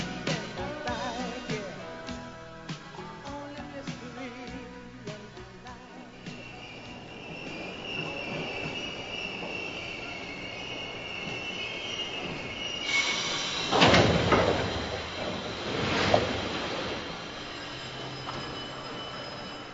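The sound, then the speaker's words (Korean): A subway train rolls into a station at its destination, its wheels squealing in a sustained high-pitched whine over low rumbling, with loud bursts of screeching and hissing brakes as it comes to a stop. “네, 음악이 시작할 때 떠나던 지하철이 목적지에 도착했나 봐요.”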